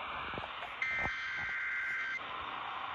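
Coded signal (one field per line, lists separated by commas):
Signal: Emergency Alert System (SAME) tones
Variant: header bursts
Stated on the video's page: Weekly EAS tests aired by a broadcast station.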